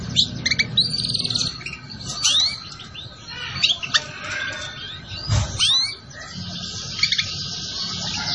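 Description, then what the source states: Canary singing quick chirps, rising slurs and a sustained buzzy trill near the end, with a low thump midway and background hum. Canary song used as a lure (pikat) to attract birds.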